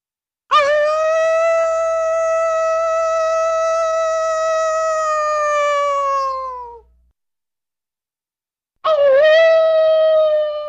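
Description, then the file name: Wolf howl, rich and sustained for about six seconds with a slight fall at the end; after a short silence a second howl begins with a quick dip and rise. "volk"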